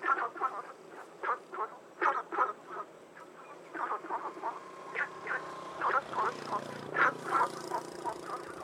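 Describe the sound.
Frogs calling in a dense chorus, short croaking notes overlapping at roughly three per second, with a faint steady hum underneath.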